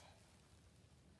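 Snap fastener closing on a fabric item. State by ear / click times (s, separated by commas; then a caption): not seated / none. A snap fastener on a fabric item is handled while all the snaps are being closed, with only a steady low hum and faint broadband rustle and no sharp hit. Nothing has snapped closed or seated yet.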